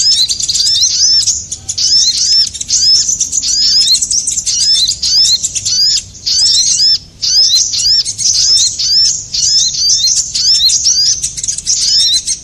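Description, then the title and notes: Bird chirping steadily, a chattering stream of high, curved chirp notes repeated quickly, with short breaks every few seconds. Compilation of bird lure sounds used to attract stubborn birds that are hard to approach. "Suara Burung Bandel Yang Susah Mendekati. Kompilasi Suara Pikat Burung"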